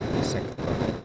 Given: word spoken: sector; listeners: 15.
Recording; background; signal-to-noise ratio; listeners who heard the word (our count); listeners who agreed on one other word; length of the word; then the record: one Spanish word in noise, from a listening test; noise modulated by three-talker babble; -7.7 dB; 0 of 15; 12 of 15; 0.65 s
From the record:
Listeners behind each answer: 12, 2, 1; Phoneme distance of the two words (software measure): 21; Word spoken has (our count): 2 syllables, 6 phonemes, stress on syllable 2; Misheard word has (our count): 3 syllables, 7 phonemes, stress on syllable 2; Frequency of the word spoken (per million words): 184.55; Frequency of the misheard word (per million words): 3.93